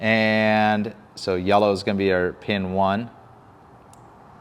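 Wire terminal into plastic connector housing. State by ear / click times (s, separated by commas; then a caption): seated / 3.9 s. Someone talks, then the yellow wire's crimped terminal is pushed into pin 1 of a plastic connector housing for the smoked LED taillight harness of a 2015–2022 Vespa GTS 300. A short, sharp click is heard at 3.9 s as the terminal snaps into the housing. It is held by a little leaf on the bottom, and the terminal is seated.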